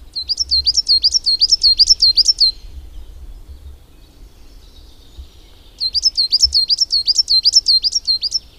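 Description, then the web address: Coal tit song: a rapid series of high, bright two-note phrases, then a pause of a few seconds before a second matching burst. "agykontroll Madardalok Cd 1. Fenyves cinege"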